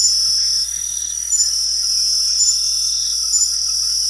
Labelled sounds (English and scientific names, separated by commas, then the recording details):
none
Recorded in pastures near Puerto Asís, Putumayo, Colombia, on 4 March 2025 at 23:00
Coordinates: 0.497, -76.327
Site G072